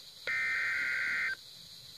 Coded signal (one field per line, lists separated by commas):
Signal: Emergency Alert System (SAME) tones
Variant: header bursts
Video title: Radio EAS 9 - SVR 8